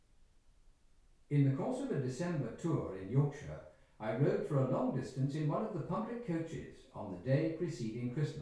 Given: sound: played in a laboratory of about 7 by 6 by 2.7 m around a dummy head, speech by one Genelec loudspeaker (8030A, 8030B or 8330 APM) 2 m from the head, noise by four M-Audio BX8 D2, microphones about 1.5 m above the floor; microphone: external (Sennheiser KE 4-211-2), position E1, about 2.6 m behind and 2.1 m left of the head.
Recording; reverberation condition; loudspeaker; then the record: male speech in English; medium; 120 degrees to the left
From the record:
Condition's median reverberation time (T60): about 510 ms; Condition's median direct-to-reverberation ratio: about -0.5 dB